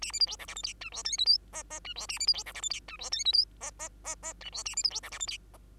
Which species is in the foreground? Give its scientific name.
Lonchura striata domestica